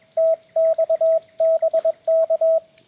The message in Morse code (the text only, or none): TX BK